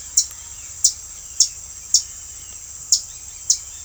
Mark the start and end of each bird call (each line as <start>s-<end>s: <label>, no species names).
0.00s-3.84s: bird call